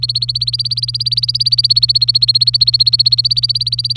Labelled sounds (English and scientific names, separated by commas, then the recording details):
Domestic Canary (Serinus canaria) song
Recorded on 27 April 2018 at 09:18
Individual llb3